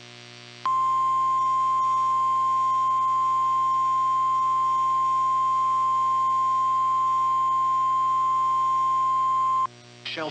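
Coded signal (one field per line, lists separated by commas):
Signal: Emergency Alert System (SAME) tones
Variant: 1050 Hz attention tone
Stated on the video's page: Shelter In Place Warning relayed by the National Weather Service and sent on NOAA Weather Radio, requested by a county emergency management agency.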